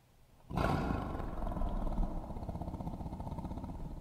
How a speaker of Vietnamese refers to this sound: Con hổ thấy vậy gầm lên một tiếng rồi chồm vào hướng của Thái Hậu.